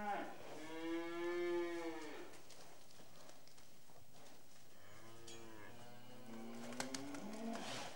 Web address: The BBC Sound Effects Library. Cattle